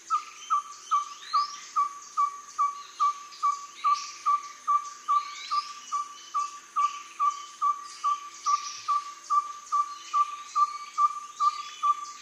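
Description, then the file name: Ferruginous pygmy owl calling: a long, evenly spaced series of about thirty clear, hollow toots, a little over two per second, with other birds chirping faintly in the background. "Ferruginous Pygmy Owl Glaucidium brasilianum"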